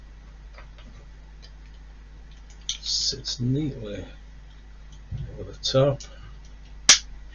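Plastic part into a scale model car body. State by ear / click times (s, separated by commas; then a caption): seated / 6.9 s. A plastic part of a 1:8 scale Cobra model is pushed over the top of its mount on the scale model car body while someone talks. A sharp, loud click is heard at 6.9 s as the part snaps home, seated in place.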